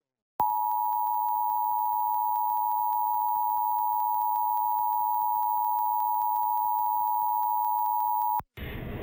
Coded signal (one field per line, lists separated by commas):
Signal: Emergency Alert System (SAME) tones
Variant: 853 and 960 Hz attention tone